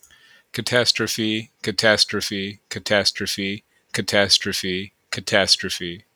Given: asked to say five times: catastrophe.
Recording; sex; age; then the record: repeated word; male; 30 to 39 years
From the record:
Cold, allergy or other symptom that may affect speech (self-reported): no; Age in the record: 34 years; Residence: Maryland, United States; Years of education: 16